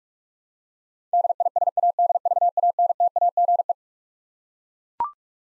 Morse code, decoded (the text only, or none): DISADVANTAGE